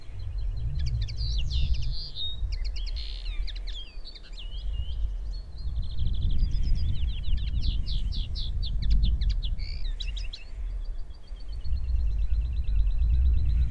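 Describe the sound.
Common linnet singing a long run of quick twittering notes, dry rattling trills and a buzzy repeated phrase near the end, with low rumbling noise underneath.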